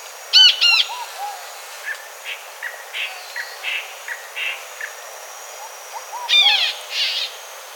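Bird calls: loud ringing, layered notes open and close the passage, with a steady run of soft, short chirps in between.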